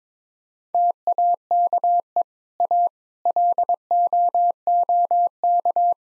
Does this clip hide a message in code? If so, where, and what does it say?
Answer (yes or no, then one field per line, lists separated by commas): yes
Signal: Morse code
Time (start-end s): 0.7-5.9 s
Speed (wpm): 22 wpm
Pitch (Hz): 700 Hz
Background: none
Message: TAKE A LOOK